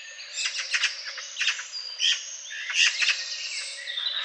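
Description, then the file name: Eurasian magpie giving harsh, rattling chatter calls in irregular bursts, mixed with a few short, higher tonal notes, over a light background hiss. "Pica pica"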